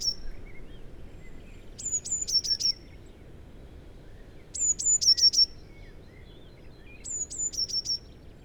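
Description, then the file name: Eurasian blue tit singing: high thin notes followed by a quick descending run of short chips, the phrase repeated about every three seconds, with faint low background noise. "Cyanistes caeruleus"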